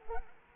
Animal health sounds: mosquito wingbeat signal from an infrared sensor; Culex quinquefasciatus

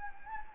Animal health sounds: mosquito wingbeat signal from an infrared sensor; Anopheles gambiae

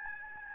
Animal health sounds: mosquito wingbeat signal from an infrared sensor; Aedes albopictus

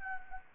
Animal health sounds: mosquito wingbeat signal from an infrared sensor; Anopheles gambiae

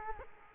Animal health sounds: mosquito wingbeat signal from an infrared sensor; Culex quinquefasciatus

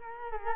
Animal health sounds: mosquito wingbeat signal from an infrared sensor; Culex quinquefasciatus

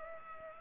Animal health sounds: mosquito wingbeat signal from an infrared sensor; Culex pipiens

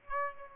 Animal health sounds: mosquito wingbeat signal from an infrared sensor; Aedes aegypti

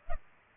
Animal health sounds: mosquito wingbeat signal from an infrared sensor; Culex pipiens

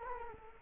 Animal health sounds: mosquito wingbeat signal from an infrared sensor; Culex quinquefasciatus

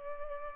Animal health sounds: mosquito wingbeat signal from an infrared sensor; Culex pipiens

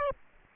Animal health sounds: mosquito wingbeat signal from an infrared sensor; Aedes aegypti

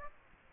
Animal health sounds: mosquito wingbeat signal from an infrared sensor; Aedes aegypti

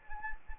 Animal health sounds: mosquito wingbeat signal from an infrared sensor; Anopheles arabiensis

